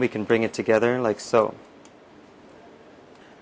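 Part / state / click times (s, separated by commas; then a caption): chain quick-link in a bicycle chain / not seated / none. Someone talks while the two halves of a steel quick-link (missing link) in a bicycle chain are brought together by hand to join the chain ends. Only a faint tick is heard, around 1.9 s, followed by quiet. The link has not been closed, and nothing has seated or clicked yet.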